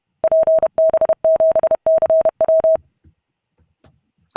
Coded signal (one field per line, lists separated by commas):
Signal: Morse code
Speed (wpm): 32 wpm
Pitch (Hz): 620 Hz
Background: none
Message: PB7CW